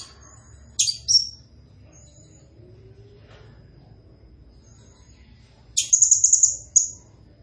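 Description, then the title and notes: Blue-crowned hanging parrot calls: two sharp, very high notes early on, then after a quiet gap a fast, shrill, buzzy trill with one closing note. Blue-crowned hanging parrot in lively full song (gacor), described as sharp calling, used as a masteran training sound and lure to provoke other birds. "Burung Serindit Nembak Gacor Bikin Emosi Semua Burung. Suara Nasteran Dan Pemikat Burung Serinditan Gacor"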